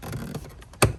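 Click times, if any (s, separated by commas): 0.8 s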